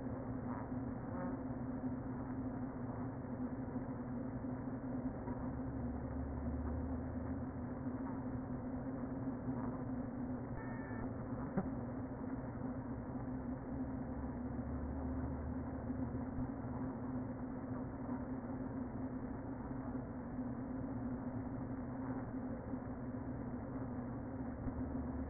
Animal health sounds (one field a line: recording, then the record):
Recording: honeybee colony, microphone inside the hive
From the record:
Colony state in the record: queen present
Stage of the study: before two queens were removed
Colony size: about 60,000 bees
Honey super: yes